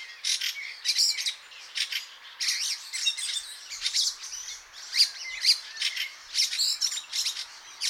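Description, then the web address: Fieldfare song, a continuous stream of harsh, squeaky and chattering high notes in quick bursts with only brief gaps. "chant xeno-canto grive litorne"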